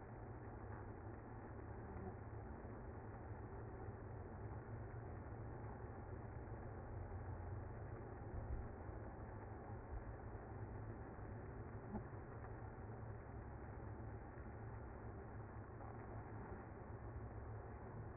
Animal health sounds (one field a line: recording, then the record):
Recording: honeybee colony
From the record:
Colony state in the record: active